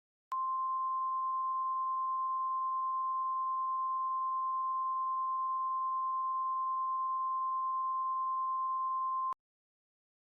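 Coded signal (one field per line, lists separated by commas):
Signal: Emergency Alert System (SAME) tones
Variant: 1050 Hz attention tone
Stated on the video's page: EAS recreation of a past tornado event, not a live alert.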